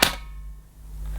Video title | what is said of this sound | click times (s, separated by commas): Lupe Pure Cordless Vacuum Cleaner Unboxing & First Demonstration | until it clicks into position | 0.0 s